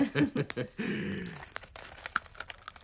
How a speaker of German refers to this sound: Bitte, Sie essen ja das Glas und den Champagner.